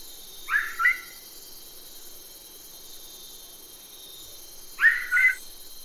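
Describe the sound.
McGregor's bowerbird making two paired, grating notes about four seconds apart, each pair a quick double rasp, with constant high insect hum behind.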